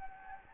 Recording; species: mosquito wingbeat signal from an infrared sensor; Anopheles gambiae